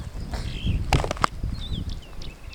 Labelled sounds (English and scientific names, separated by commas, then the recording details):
Superb Starling (Lamprotornis superbus) flight call
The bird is a female
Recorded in Kenya on 24 May 2010
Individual 68, of group MRCV